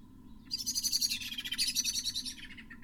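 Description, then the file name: Common blackbird rapid chattering call, a fast run of high, scratchy notes, with a faint steady hum underneath. "Turdus merula"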